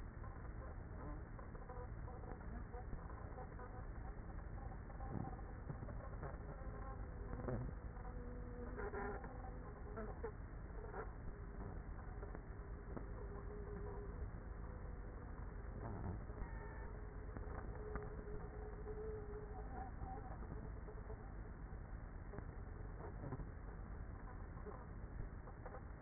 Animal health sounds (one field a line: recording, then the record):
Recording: honeybee colony, microphone inside the hive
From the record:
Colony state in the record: queenless with a low population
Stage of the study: after two queens were removed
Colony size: about 30,000 bees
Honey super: no